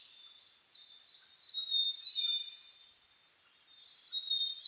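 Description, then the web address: Dense dawn birdsong, rapid high twittering and sharp whistles blending together, growing louder around the middle and again at the close. Dawn chorus (reimei) of birdsong (saezuri), recorded 10 May 2010 at 04:01. "reimei -saezuri-20100510"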